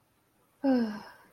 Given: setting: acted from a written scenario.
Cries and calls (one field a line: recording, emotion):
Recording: vocal sound without words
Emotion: romantic love